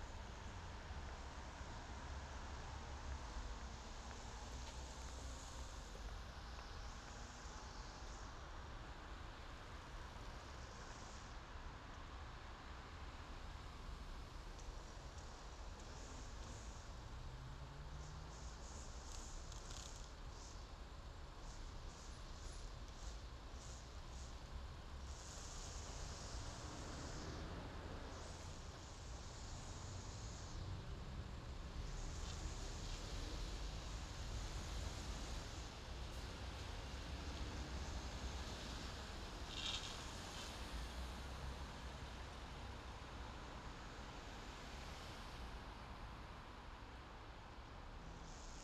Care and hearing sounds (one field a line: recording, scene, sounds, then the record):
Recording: everyday scene through a hearing-aid microphone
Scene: in traffic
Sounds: traffic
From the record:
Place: main city hub, rush hour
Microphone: in the ear canal, left